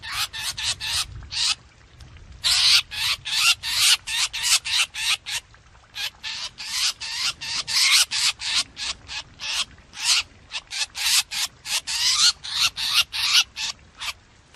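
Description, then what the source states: Drongo distress calls: a sustained series of harsh, hissing notes delivered in quick succession, with brief breaks between runs. Distress call (calling for help), used for luring.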